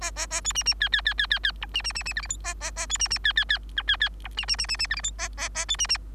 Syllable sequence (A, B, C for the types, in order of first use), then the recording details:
A A A B C C D D D D D D E C C C C F G H A A A B C C D D D I D D E C C C C C F G H A A A B C C. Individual Bird3